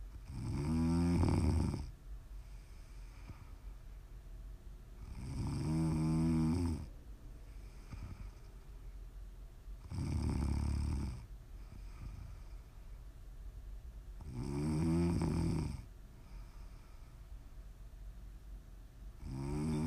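Deep, rumbling snores with a buzzing, fluttering tone come regularly at about 13 per minute, with quiet exhalation gaps between them. This is steady sleep snoring, with faint room hiss in the background.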